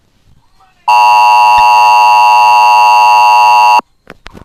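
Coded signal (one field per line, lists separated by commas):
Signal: Emergency Alert System (SAME) tones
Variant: 853 and 960 Hz attention tone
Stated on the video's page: Fictional EAS scenario, not a real alert.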